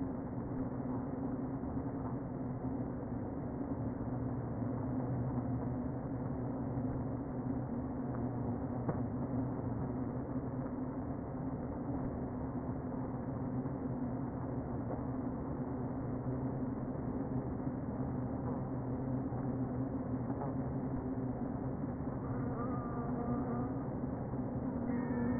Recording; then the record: honeybee colony, microphone inside the hive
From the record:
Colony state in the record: queen present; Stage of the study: before two queens were removed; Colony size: about 60,000 bees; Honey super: yes